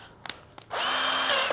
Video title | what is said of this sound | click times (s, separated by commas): CORDLESS HAMMER DRILL 12V TEKIRO CD-HD2047 - Si Kecil Yang Cocok Untuk Memulai Bisnis Interior kamu | gini aja udah ngunci ya Sobat ABS. | 0.3 s, 0.6 s